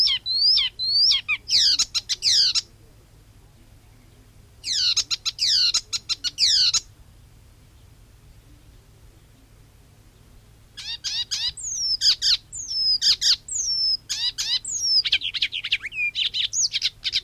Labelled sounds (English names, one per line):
Icterine Warbler song